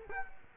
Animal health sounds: mosquito wingbeat signal from an infrared sensor; Culex quinquefasciatus

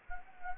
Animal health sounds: mosquito wingbeat signal from an infrared sensor; Anopheles gambiae

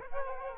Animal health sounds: mosquito wingbeat signal from an infrared sensor; Aedes aegypti

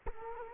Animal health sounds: mosquito wingbeat signal from an infrared sensor; Culex quinquefasciatus

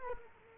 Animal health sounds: mosquito wingbeat signal from an infrared sensor; Culex quinquefasciatus

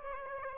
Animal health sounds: mosquito wingbeat signal from an infrared sensor; Aedes aegypti

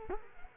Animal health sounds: mosquito wingbeat signal from an infrared sensor; Culex quinquefasciatus

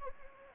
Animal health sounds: mosquito wingbeat signal from an infrared sensor; Anopheles gambiae

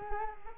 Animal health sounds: mosquito wingbeat signal from an infrared sensor; Culex quinquefasciatus

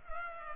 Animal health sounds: mosquito wingbeat signal from an infrared sensor; Culex pipiens

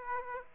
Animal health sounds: mosquito wingbeat signal from an infrared sensor; Aedes aegypti

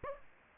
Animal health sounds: mosquito wingbeat signal from an infrared sensor; Aedes aegypti

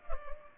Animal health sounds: mosquito wingbeat signal from an infrared sensor; Culex pipiens

